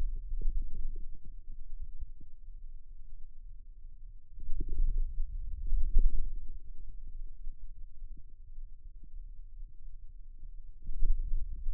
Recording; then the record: forearm muscle sounds (acoustic myography)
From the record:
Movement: wrist extension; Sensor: system 2, bracelet of six BSWA MPA416 microphones around the upper forearm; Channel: 4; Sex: male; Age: 22 years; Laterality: right